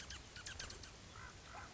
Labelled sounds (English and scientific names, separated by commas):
American Crow (Corvus brachyrhynchos)